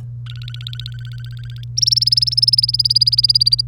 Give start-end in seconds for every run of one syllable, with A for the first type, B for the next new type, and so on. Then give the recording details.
0.26-1.64 A, 1.77-3.61 B. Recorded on 1 May 2018 at 08:09. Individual llb3